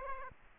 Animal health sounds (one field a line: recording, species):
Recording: mosquito wingbeat signal from an infrared sensor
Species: Aedes aegypti